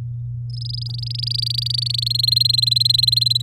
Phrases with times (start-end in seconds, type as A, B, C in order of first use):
0.50-2.08 A, 2.10-3.42 B